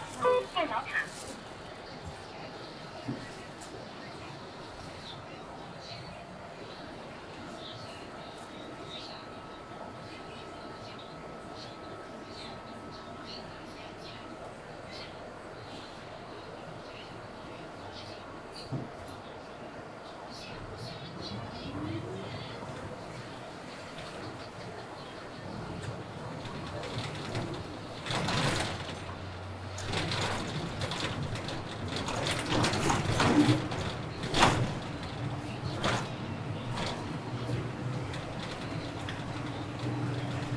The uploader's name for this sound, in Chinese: 雨天的出城公交